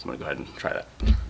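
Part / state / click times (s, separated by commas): retaining ring on an engine timing chain tensioner plunger / not seated / none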